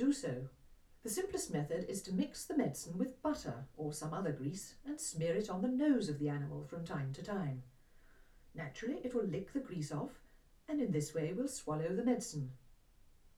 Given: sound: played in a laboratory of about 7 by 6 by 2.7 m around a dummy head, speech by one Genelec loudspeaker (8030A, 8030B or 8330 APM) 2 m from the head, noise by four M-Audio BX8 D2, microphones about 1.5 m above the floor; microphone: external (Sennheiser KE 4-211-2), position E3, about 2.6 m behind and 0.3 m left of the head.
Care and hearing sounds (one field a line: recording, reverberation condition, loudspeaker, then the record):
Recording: female speech in English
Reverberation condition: low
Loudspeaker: 60 degrees to the left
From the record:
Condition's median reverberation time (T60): about 310 ms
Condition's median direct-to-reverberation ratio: about 3.5 dB